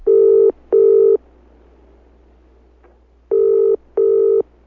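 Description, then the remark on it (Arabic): A telephone ringing tone sounds in two double bursts, each pair of steady, buzzy mid-pitched tones followed by a pause, loud and clear with no voices, introducing a phone-in question segment of a program with Sheikh Muhammad ibn Salih al-Uthaymeen. “سؤال على الهاتف.”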